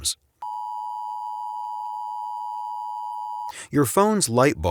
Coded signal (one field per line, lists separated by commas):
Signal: Emergency Alert System (SAME) tones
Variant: 853 and 960 Hz attention tone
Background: speech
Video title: ClearCaptions Emergency Alert System: Stay Safe with Emergency Warnings